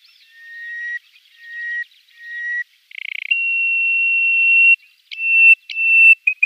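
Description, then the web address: Greater hoopoe-lark song of pure whistled notes: three level tones, then a rapid rattled burst leading into a long sustained higher whistle and shorter clipped whistles. "Schulze Peter Hoopoe-Lark"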